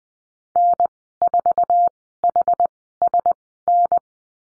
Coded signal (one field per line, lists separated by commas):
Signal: Morse code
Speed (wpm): 20 wpm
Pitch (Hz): 700 Hz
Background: none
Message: N4HSN